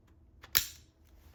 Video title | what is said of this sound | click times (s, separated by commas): 2007-2012 Nissan Versa Clock Spring Replacement | There it is. It clicks right in. | 0.6 s